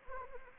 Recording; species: mosquito wingbeat signal from an infrared sensor; Anopheles arabiensis